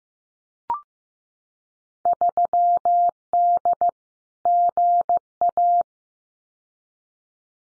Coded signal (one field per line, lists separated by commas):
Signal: Morse code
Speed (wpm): 15 wpm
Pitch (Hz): 700 Hz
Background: none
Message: 3D GA